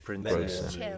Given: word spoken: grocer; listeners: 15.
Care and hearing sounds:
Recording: one English word in noise, from a listening test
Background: four-talker babble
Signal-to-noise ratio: 0.3 dB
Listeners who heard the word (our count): 1 of 15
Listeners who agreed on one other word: 8 of 15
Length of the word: 0.58 s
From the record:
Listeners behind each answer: 8, 2, 1, 1, 1, 1, 1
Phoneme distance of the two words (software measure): 44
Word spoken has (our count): 2 syllables, 5 phonemes, stress on syllable 1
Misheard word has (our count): 2 syllables, 7 phonemes, stress on syllable 2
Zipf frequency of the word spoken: 3.09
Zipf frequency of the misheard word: 4.47

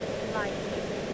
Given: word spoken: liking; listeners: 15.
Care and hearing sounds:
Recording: one English word in noise, from a listening test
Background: speech-shaped noise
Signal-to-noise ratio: -5.3 dB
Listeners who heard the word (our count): 0 of 15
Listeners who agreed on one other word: 11 of 15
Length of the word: 0.74 s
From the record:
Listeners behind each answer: 11, 1, 1, 1, 1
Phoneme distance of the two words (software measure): 24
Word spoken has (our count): 2 syllables, 5 phonemes, stress on syllable 1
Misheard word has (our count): 1 syllable, 3 phonemes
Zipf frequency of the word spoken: 3.93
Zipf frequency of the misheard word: 5.28

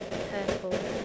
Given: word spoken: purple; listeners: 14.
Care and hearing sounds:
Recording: one English word in noise, from a listening test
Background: noise modulated by three-talker babble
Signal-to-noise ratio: -4.9 dB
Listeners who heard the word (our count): 5 of 14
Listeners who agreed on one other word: 7 of 14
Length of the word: 0.65 s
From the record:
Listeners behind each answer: 7, 5, 1, 1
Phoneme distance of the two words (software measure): 37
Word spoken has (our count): 2 syllables, 4 phonemes, stress on syllable 1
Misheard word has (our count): 2 syllables, 5 phonemes, stress on syllable 1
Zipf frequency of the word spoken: 4.29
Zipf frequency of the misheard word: 4.84

